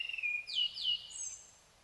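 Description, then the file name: Common blackbird song phrase: a few clear fluted whistles slurring downward, then a thin high squeaky flourish that fades out. "Turdus merula"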